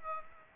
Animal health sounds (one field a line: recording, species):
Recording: mosquito wingbeat signal from an infrared sensor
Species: Aedes aegypti